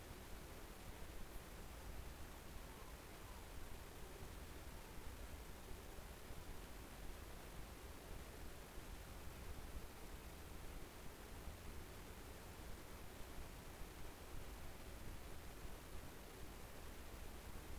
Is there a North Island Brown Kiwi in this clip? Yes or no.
no